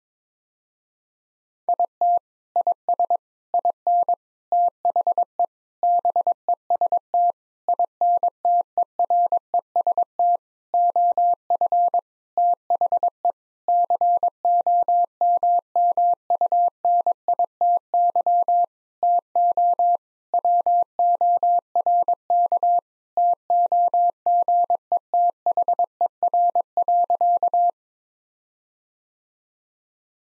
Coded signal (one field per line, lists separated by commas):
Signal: Morse code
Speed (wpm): 22 wpm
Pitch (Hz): 700 Hz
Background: none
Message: IT IS IN THE BEST INTEREST OF THE COMMUNITY TO WORK TOGETHER.